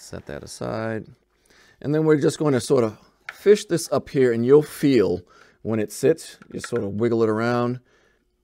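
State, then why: Not seated. An oil filter component with its oiled O-ring is fished up into place on its mount in a Panigale V4 motorcycle engine during an oil change, and someone talks throughout. Only speech is heard; nothing has seated or clicked yet.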